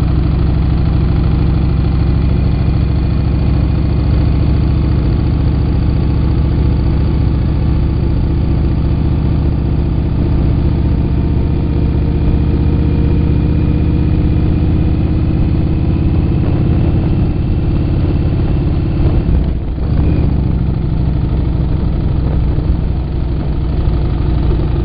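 A vehicle rides across Hoover Dam, its engine and road noise forming a steady, dense low rumble throughout. Faint tones rise and fall as the engine changes speed. Around twenty seconds a brief dip and soft thump break the drone before it resumes.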